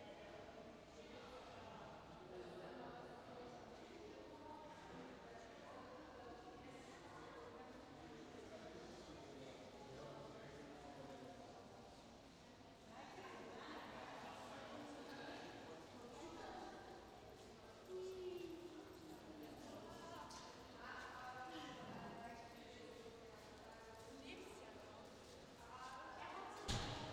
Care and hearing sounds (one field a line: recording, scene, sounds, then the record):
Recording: everyday scene through a hearing-aid microphone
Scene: reverberant space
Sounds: background noise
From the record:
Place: railway station hall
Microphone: in the ear canal, left